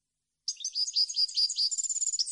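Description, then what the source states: European goldfinch song: a continuous fast stream of high tinkling and chattering notes, varied and jumbled, starting after a half-second of silence. Clean goldfinch song for copying, used to train birds to sing.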